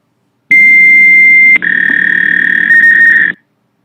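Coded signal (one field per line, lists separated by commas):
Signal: modem data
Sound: one-second steady high tone, a click, then a buzzing warbly data tone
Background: low hum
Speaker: Yeah, similar to the old modem sound. And we have a high-speed modem here at uh KW World News. I can test it for you. See, it's it's working.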